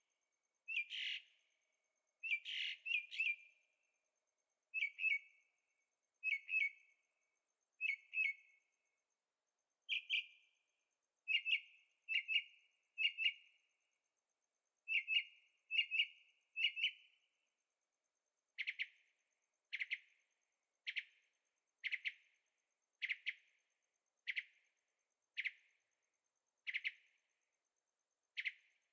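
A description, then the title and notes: A bird calls over and over at night, short bright chirps repeating roughly once a second, sometimes in quick pairs or triplets. After about eighteen seconds the notes turn sharper and more evenly spaced. Between calls there is near silence. Birds at Night, Carefree Arizona. Recording made with Zoom H6, Stereo Microphones.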